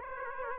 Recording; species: mosquito wingbeat signal from an infrared sensor; Aedes aegypti